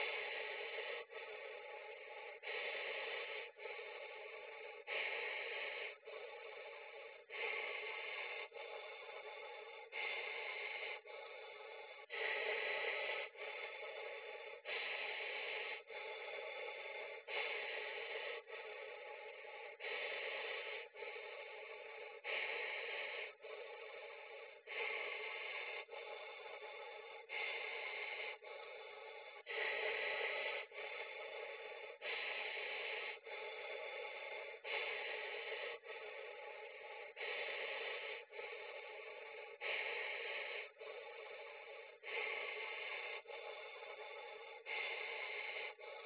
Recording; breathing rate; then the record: paced breathing near a phone; 24 breaths a minute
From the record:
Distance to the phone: 40 cm